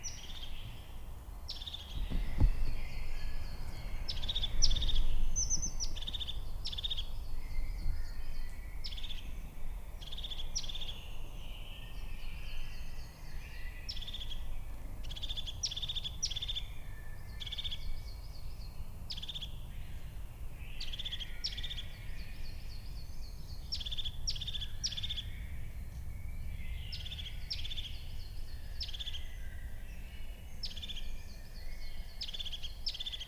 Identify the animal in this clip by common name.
European Crested Tit